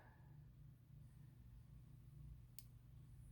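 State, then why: Seated. A small wire retaining clip is rolled into its groove in the piston of an SH .18 model engine to hold the wrist pin, while a thumbnail holds it in place. Over a low, steady background hum, a single sharp, bright click sounds at 2.6 s as the clip snaps into the groove and seats.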